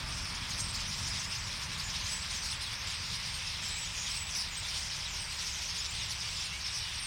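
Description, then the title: Common starling flock calling together, a continuous mass of high squeaky twittering over a rumbling low background of traffic. Flock singing in a tree at Boldixumstieg, Nieblum, Germany; cars in background; recorded with Zoom H3-VR. "Boldixumstieg, 25938 Nieblum, Deutschland - Ein Vogelschwarm Stare. A flock of birds starlings"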